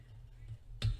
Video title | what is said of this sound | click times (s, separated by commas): Reseña del Amazon Basics Brazo de Micrófono Ajustable con Filtro Anti-Pop y Pantalla de Espuma, Abra | So that tightening bolt, you can hear it clicking. | 0.8 s